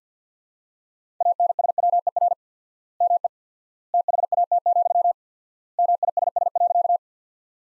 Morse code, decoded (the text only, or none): ANSWER ME THAT, MISS.